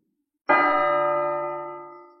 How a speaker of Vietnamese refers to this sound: Sau đó trong trời đất bỗng vang lên tiếng ngân vang của chuông.